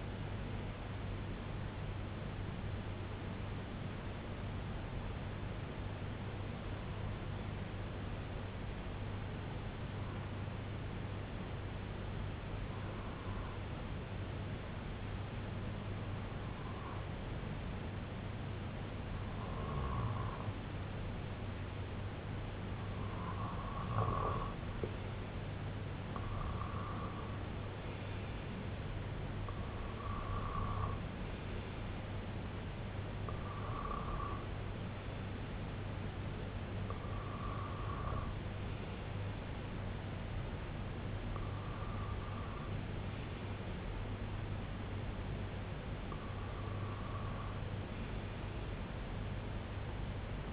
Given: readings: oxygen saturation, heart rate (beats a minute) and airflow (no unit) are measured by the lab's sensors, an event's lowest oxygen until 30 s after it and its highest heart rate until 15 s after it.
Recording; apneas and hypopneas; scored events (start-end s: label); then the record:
breathing in sleep by a voice recorder at the bedside; 1
5.00-26.30 s: hypopnea (REM, oxygen 95% highest, then 92% lowest, heart rate 64 at the start, 72 highest)
From the record:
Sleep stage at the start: REM sleep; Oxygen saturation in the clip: 92 to 95%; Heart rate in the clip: 60 to 72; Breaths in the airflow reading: 13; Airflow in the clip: -7.4 to 4.8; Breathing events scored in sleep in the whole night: 258 in 7.4 hours asleep